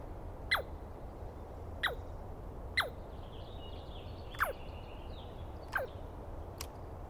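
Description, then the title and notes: Douglas squirrel calling with short, steeply falling squeals repeated every second or so, six in all, while a soft high sound runs underneath midway. Heard at dawn on 21 April 2017 in the East Cascades; a screaming squirrel calling at length during the recordist's morning recording session. "Interview With The Chipmunk. On the morning of 21 April, 2017, I set up my microphones and recorder for a nice dawn recording in the East Cascades. I was started awake by a screaming Douglas Pine Squirrel"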